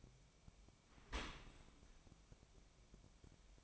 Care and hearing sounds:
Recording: daily activity, microphone in the room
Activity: open dishwasher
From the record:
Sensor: 1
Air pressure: 1003.2 hPa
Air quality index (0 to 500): 197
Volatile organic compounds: 6 ppm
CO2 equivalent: 1887 ppm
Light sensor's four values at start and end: 29/71/30/37 and 29/71/30/37

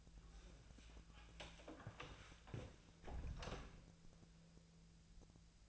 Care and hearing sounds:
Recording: daily activity, microphone in the room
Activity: close door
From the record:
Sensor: 2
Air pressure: 1000.4 hPa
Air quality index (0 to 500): 174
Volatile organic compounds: 3 ppm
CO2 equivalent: 1441 ppm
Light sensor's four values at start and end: 10/23/9/10 and 9/22/9/10

